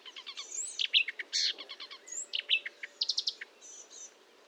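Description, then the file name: Marsh warbler song, a jumble of chirps, harsh buzzes and whistled notes changing quickly, fading out at the end. Recorded 1 June 2022 at 10:55 at Fontaine-Française (Fourneau), using Nagra and Telinga equipment. "Rousserolle verderolle 1055 Fontaine-Francaise-Fourneau"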